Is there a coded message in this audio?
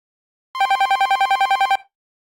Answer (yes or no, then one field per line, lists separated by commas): no